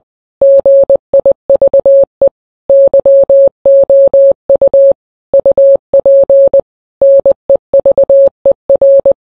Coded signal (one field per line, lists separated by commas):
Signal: Morse code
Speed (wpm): 20 wpm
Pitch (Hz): 550 Hz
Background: none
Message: GIVE YOU UP NEVER